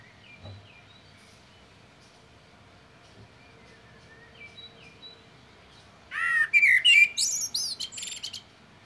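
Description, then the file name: Common blackbird gives one loud phrase: a warbled fluting whistle then bursts of high squeaky twittering; faint birdsong before it. "Turdus merula"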